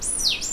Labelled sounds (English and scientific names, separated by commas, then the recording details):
Stitchbird (Notiomystis cincta) song
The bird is a male
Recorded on Tiritiri Matangi Island, New Zealand, in 2005
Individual 2, of nest box 2